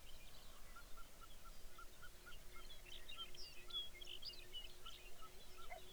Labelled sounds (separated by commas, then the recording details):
songbird, waterfowl, grouse or ptarmigan, shorebird
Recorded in the Arctic National Wildlife Refuge, Alaska, on 23 May 2019 at 05:32
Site 49